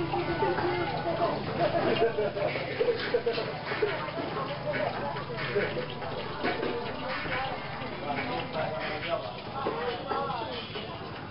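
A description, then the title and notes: Morning sounds at a small restaurant: overlapping voices talk steadily, forming a busy, continuous murmur. Short clatters and knocks break through now and then, and a low rumble sits underneath. The level stays fairly even throughout, easing slightly toward the end. Restaurant morning sounds.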